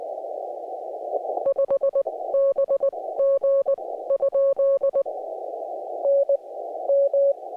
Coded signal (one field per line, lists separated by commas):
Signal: Morse code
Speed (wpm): 20 wpm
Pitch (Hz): 550 Hz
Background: none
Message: 5 BG ? NM